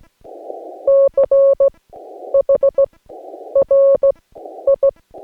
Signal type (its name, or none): Morse code